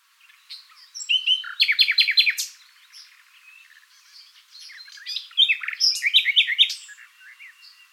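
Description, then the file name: Common nightingale song with two rich phrases of fast repeated chirps and rattling notes, separated by a softer, quieter passage. "Luscinia megarhynchos"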